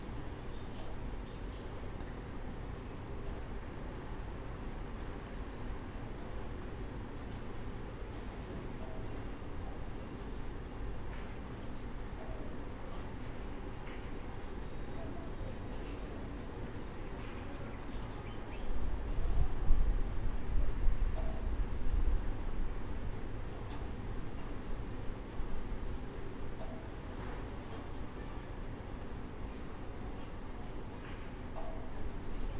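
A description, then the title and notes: Steady rain hisses and rumbles throughout with scattered drips, swelling louder around twenty seconds, while faint occasional bird calls sound above it. In the rain, birds come again!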